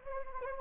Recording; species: mosquito wingbeat signal from an infrared sensor; Anopheles arabiensis